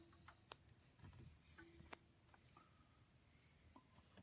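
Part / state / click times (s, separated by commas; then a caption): spark plug wire boot onto ignition coil pack terminal / seated / 0.5 s. On a Jeep JK, a spark plug wire boot is pushed onto an ignition coil pack terminal, slipping on and snapping into place with a sharp click at 0.5 s. A softer sharp tick follows at 1.9 s amid low background noise. The boot is confirmed seated.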